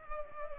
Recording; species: mosquito wingbeat signal from an infrared sensor; Culex pipiens